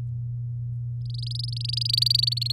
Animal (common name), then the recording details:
Domestic Canary. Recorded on 7 May 2018 at 14:17. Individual llb16